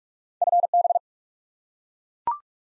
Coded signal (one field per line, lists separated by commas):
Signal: Morse code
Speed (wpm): 43 wpm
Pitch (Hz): 700 Hz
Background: none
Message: FB